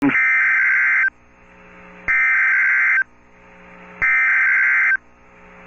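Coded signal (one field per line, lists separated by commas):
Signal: Emergency Alert System (SAME) tones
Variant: header bursts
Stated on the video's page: Tornado warning for Mobile County, Alabama; valid EAS tones.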